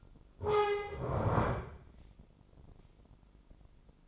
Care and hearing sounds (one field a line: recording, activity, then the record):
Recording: daily activity, microphone in the room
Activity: stand up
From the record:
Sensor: 5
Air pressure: 996.0 hPa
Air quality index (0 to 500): 246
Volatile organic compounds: 484 ppm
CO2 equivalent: 4797 ppm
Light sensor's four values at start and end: 172/410/174/190 and 171/410/174/190